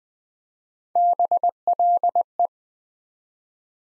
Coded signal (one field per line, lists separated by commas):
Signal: Morse code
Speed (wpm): 20 wpm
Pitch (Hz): 700 Hz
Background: none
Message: BLE